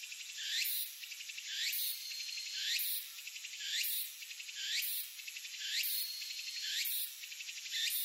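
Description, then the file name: Walker's cicada song: a rising whistled sweep followed by a buzzy pulsing phrase, repeated about once a second in a steady rhythm, high-pitched throughout. Recorded 18 August 2004. "040818 tukutukuhousi"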